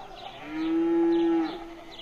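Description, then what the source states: Cow giving a single steady low moo of about one second. Village farm.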